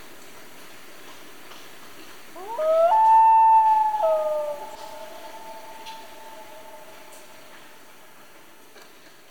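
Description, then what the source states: Common loon giving one long wail that rises, then holds a steady tone that slowly fades over several seconds into quiet background hiss. Family group of loons, described as Canadian.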